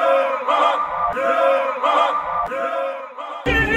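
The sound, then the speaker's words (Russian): Hundreds of students, seated in packed rows in a lecture hall, shout together in unison whenever Professor Challenger speaks: a loud, sustained roar of yelling that swells in several waves before breaking off sharply into a fresh outburst. “И как только черная борода Челленджера приходила в движение, сотни голосов дружно вопили.”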